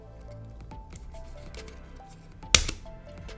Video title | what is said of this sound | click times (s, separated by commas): iPhone 15 Pro : OtterBox Defender Series Pro Case Black | you hear it click | 2.5 s